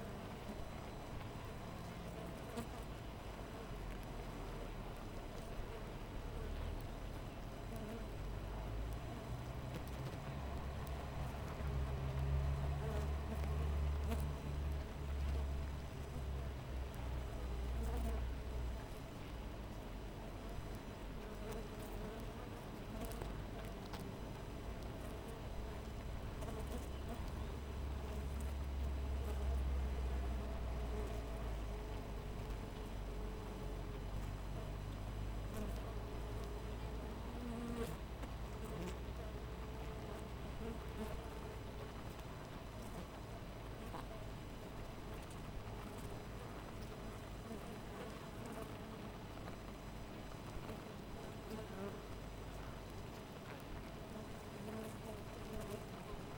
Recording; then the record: honeybee colony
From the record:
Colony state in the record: missing queen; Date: 14 July 2017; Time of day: 5:14